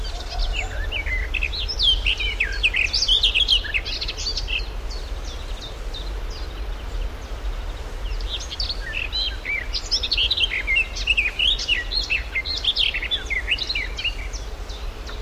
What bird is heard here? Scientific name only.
Sylvia borin